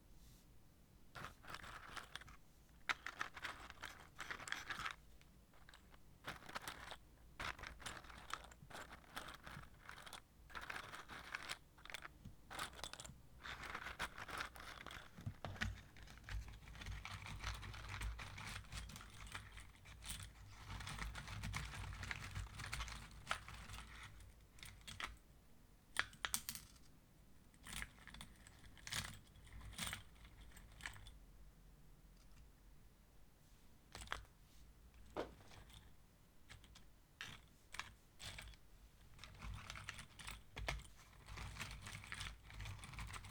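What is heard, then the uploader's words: Wooden matches rattle and click against glass, a steady stream of sharp taps with a brief low rumble midway. Hey there, I just got a new microphone: the Blue Yeti. Wooden matches and glass.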